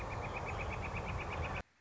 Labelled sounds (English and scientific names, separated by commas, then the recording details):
Northern Flicker (Colaptes auratus)
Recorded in Sonoma County, California